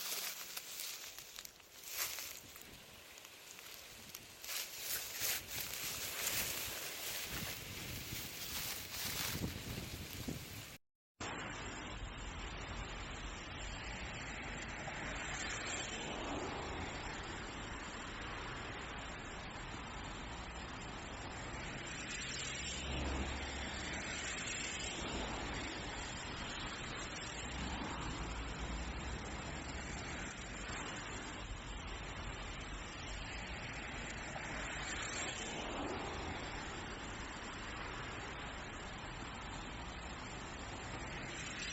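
Outdoor nature sounds, opening with a dense, rough rushing noise that lasts about ten seconds. A sudden cut with a moment of silence comes near eleven seconds. After it, a steadier, duller rush like wind or a passing engine continues evenly to the end.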